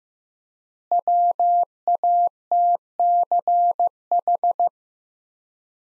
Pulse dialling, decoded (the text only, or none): none